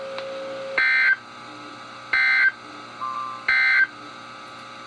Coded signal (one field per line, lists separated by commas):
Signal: Emergency Alert System (SAME) tones